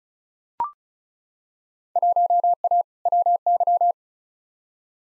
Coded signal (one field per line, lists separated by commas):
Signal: Morse code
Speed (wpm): 34 wpm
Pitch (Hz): 700 Hz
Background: none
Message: 1A WY